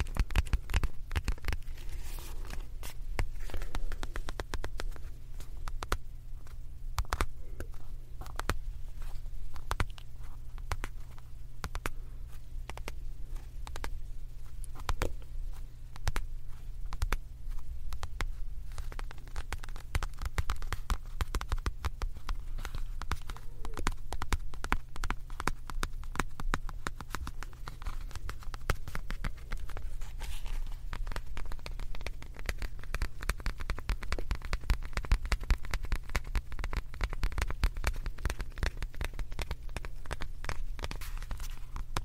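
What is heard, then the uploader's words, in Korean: Dense crackling and tapping from a makeup puff and a pouch being handled fills the whole recording, with sharp clicks coming rapidly and irregularly. A steady low hum sits underneath throughout, and the level stays fairly even from start to end. ASMR 클리오 퍼프 , 파우치 소리 가득.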